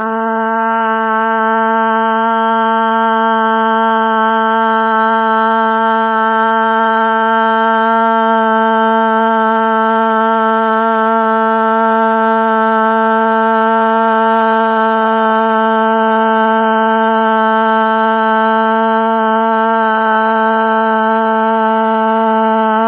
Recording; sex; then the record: sustained vowel /a/; female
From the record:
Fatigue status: fatigue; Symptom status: symptomatic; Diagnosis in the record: COVID-19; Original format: 3gp